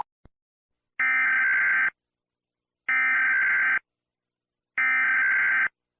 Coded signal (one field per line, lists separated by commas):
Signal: Emergency Alert System (SAME) tones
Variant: header bursts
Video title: Rating 25 EAS Alarms | Estilo Gacha Club | Pinstripe King SSJ4